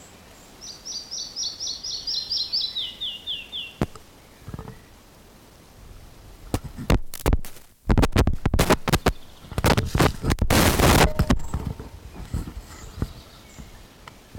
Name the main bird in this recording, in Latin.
Ficedula parva